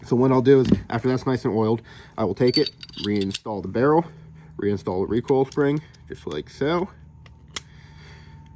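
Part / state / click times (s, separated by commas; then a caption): recoil spring and barrel into pistol slide / seated / 7.6 s. Someone talks while reinstalling the oiled barrel and the metal recoil spring assembly into the slide of a Springfield Armory Hellcat pistol. The talking stops, a faint tick follows, and then a single sharp metallic click sounds at 7.6 s as the recoil spring assembly seats in the slide. Everything is then checked as locked into place.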